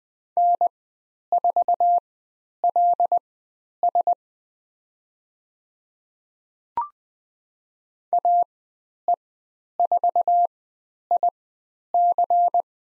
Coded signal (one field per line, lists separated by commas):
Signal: Morse code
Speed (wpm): 20 wpm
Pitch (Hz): 700 Hz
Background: none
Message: N4LS AE4IC